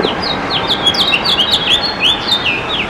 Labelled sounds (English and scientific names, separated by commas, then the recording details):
House Finch (Haemorhous mexicanus) song
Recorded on Long Island, New York, on 27 June 2012
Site BE
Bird A